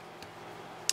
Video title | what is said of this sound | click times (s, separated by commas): Medic Box New to the channel | this is your lock right here you push on that it comes out | 0.9 s